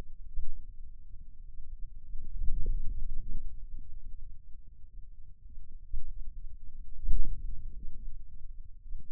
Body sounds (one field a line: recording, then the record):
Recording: forearm muscle sounds (acoustic myography)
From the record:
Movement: outward rotation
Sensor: system 2, bracelet of six BSWA MPA416 microphones around the upper forearm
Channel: 1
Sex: male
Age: 22 years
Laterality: right